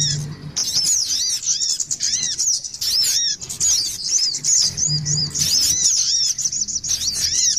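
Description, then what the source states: Little spiderhunter song: high, hurried chirping with arched, bouncing notes repeated in quick bursts, nearly continuous; a faint low hum beneath. Masteran song, used to train other birds.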